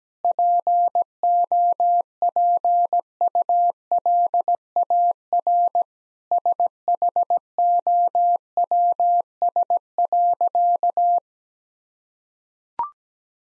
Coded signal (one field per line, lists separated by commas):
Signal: Morse code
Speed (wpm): 17 wpm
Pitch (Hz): 700 Hz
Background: none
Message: POPULAR SHOWS.